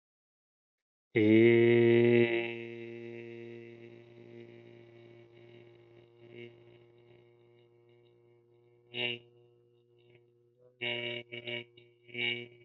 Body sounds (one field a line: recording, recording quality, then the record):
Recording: sustained vowel as in made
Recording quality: excellent, no background noise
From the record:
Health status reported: healthy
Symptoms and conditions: cough, cold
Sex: male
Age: 24 years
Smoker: not ticked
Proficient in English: yes